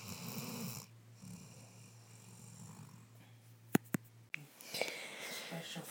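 A tired Labrador puppy snores while asleep at bedtime: a rough, noisy breath, then a steady low rumbling drone with a few faint clicks.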